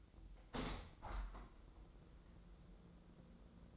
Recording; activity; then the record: daily activity, microphone in the room; open window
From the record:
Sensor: 3